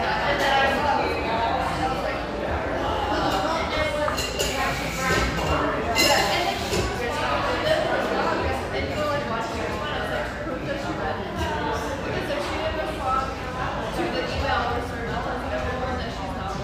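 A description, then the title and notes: Bustling café background with many overlapping voices chattering steadily, occasional clinks of dishes and brighter bursts of sound cutting through the crowd. Irvine, California. Cheerful, bustling background noise of this sunny café in one of the OC's most upscale neighborhoods.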